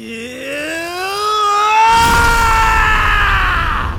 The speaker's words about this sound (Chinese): 一声低沉的怒吼从唐三口中响起，渐渐的，吼声逐渐变得嘹亮起来，带着他那滔天愤怒冲霄而起